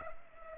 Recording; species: mosquito wingbeat signal from an infrared sensor; Culex pipiens